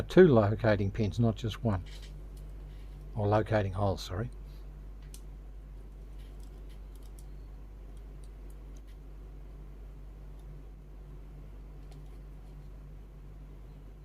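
Someone talks while handling a plastic part from a 1/35 scale Panzerkampfwagen IV Ausf G tank model kit, lining it up with the two locating pins or holes on the tank hull. After the talking stops, only faint, soft ticks of handling sit over a low steady hum. Nothing has seated or clicked yet.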